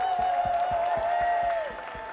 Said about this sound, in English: And also a big applause, you need to clapping a lot, for No Structure! All the organizations for No Structure!